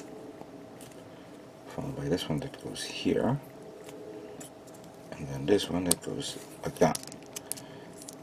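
A plastic thigh or leg armor part from a 1/144 scale HG GM model kit is handled and pressed toward the leg frame while someone talks, with faint light plastic ticks and taps in between. The clip ends before the part goes home, so nothing has seated or clicked yet.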